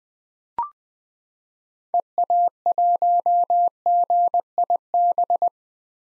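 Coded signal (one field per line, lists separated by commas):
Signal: Morse code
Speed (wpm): 20 wpm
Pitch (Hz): 700 Hz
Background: none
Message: EA1GIB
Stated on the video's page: Most common 2023 POTA hunter call signs sent at 20 wpm for head-copy drill, each sent, spoken, then sent again.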